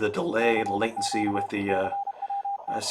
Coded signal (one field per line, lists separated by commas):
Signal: Morse code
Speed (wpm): 30 wpm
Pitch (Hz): 800 Hz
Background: speech, radio noise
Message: CQ CWT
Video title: NG7M Live CWOps CWT Mini / Utah Amateur Radio Club W7SP HF Remote